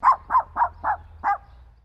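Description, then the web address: Miniature poodle barking: five short, sharp yaps in quick succession, with a slightly longer pause before the last. A sequence of barks. "Sound Effects-Foundation 1 ANIMAL DOG POODLE MINIATURE"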